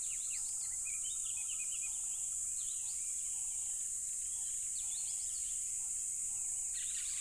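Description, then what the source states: Constant shrill cricket chorus with frequent bird chirps and low hooting notes repeated at regular intervals. Loud crickets at a tropical river.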